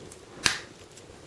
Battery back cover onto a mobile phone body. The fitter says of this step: and as you can see it just kind of clicks into place and we'll just power up